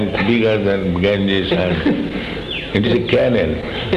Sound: laughter

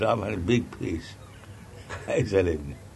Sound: laughing

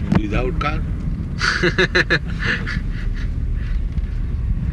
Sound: laughs

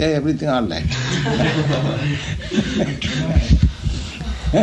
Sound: laughter

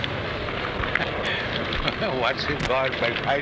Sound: laughs

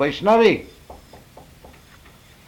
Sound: someone knocks on door and enters

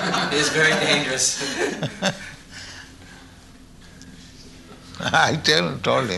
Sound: laughter

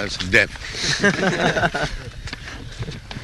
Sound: laughter

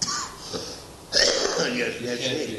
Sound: coughing heavily

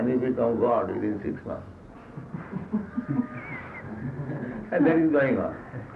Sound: laughter

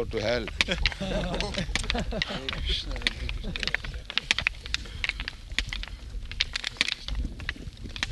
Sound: laughter

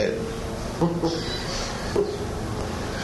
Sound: laughs

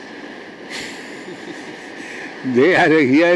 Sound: laughs

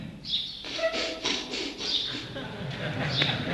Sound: breathes rapidly and loudly; laughter

